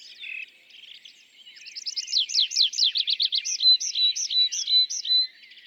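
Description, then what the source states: Tree pipit song: a brief buzzy opening, then a fast run of sharp descending trills and a slower series of clear, looping whistled notes, with quieter birds behind. Display flight song of a bird newly arrived from migration; La Sarcena, Val Drôme, France, 27 April 2020; sings from top of isolated tree by a meadow, rising then parachuting down; Nagra Seven, MKH40.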